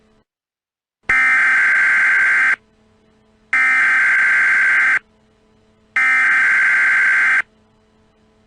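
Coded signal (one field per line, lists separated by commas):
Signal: Emergency Alert System (SAME) tones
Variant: header bursts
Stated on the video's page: A mock EAS alert for an EF-4 tornado.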